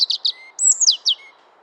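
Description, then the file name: European robin song fragment: a quick run of high chirps, then sweeping, falling whistled notes, all very brief. "Erithacus rubecula"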